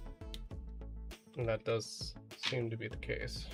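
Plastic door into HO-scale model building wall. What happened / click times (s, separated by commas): The small plastic part snapped into place / 0.3 s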